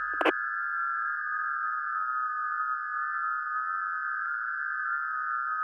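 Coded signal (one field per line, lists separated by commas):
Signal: FT8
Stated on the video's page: FT8 data received over the air on 40m via an NVIS dipole, real ham radio gear, not SDR or simulation, live stream.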